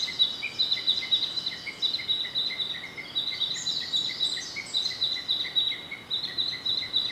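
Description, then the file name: Narcissus flycatcher song: a long, rapid run of short whistled notes at two pitches, with a thin high chirping background throughout. "rodolphe alexis - narcissus flycatcher"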